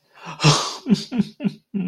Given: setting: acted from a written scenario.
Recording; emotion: vocal sound without words; sympathy